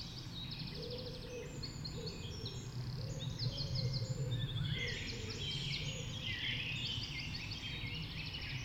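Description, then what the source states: Dawn chorus of overlapping trills and chirping songs, with a lower repeated phrase under them and a steady low rumble. Dawn chorus recorded just after dawn in the Forest of Dean.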